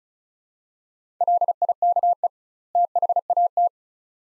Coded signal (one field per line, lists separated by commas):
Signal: Morse code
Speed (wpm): 36 wpm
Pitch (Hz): 700 Hz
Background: none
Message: LIKE THAT